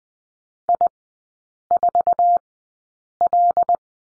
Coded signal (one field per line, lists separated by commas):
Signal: Morse code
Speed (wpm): 20 wpm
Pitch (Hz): 700 Hz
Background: none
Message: I4L